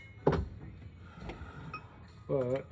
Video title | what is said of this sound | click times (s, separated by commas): Commercial door handle | and it locks into place in there. | 0.3 s